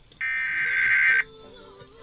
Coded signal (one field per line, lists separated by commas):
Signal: Emergency Alert System (SAME) tones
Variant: header bursts